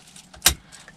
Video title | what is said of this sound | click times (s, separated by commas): Volvo V70 S60 00-04 Dashboard Cup holder repair | push to hear a nice fan click | 0.5 s